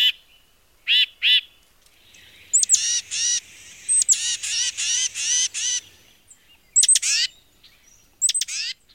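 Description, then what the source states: Tufted Titmouse calling in several bursts of rapid, high notes separated by pauses. Titmice rise, sing and chatter at the start of the day.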